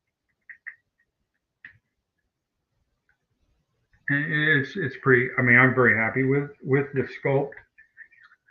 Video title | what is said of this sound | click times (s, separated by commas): Couple of KUK's EP.12 1:12 "Space Pilot" (Adventure People Homage) Progress! | it will snap right in to the ring. | 0.5 s